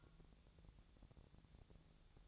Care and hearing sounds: daily activity, microphone in the room; take from stove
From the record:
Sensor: 3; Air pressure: 999.3 hPa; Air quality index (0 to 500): 200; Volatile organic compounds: 47 ppm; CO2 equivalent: 3253 ppm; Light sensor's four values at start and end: 7/17/7/6 and 7/17/7/6

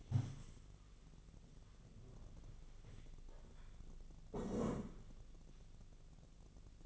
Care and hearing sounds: daily activity, microphone in the room; stand up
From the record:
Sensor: 4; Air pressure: 1001.2 hPa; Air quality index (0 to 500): 182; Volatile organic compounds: 2 ppm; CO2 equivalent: 1303 ppm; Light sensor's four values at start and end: 15/34/14/14 and 15/34/14/14

